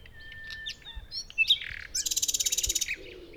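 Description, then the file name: Common nightingale song with a pure steady whistle, varied short chirps and slurs, then a rapid buzzy rattle of repeated notes lasting about a second. "Luscinia megarhynchos"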